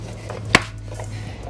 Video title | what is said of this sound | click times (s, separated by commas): Rimetrix Medusa - Best Tesla Model Y Wheel Covers? | And just push it in, and then you heard the click. | 0.5 s